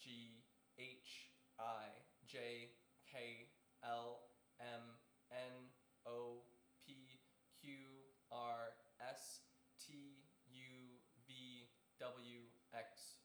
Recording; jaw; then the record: letters of the alphabet, spoken; free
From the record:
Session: seven days later